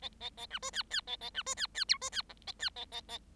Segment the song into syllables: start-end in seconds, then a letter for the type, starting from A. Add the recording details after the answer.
0.01-0.09 A, 0.20-0.29 A, 0.37-0.46 A, 0.50-0.59 B, 0.62-0.70 C, 0.73-0.83 D, 0.90-1.01 D, 1.07-1.16 A, 1.21-1.30 A, 1.34-1.43 B, 1.46-1.54 C, 1.56-1.67 D, 1.74-1.84 D, 1.88-1.98 E, 2.01-2.10 C, 2.12-2.22 D, 2.29-2.33 F, 2.47-2.52 A, 2.59-2.69 D, 2.76-2.85 A, 2.91-3.01 A, 3.08-3.18 A. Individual Bird7